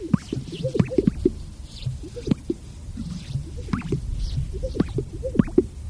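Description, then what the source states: Greater Sage-Grouse mating call: repeated popping and gulping notes in scattered bursts over a low rumbling background. Recent recording of the mating call, part of the mating ritual.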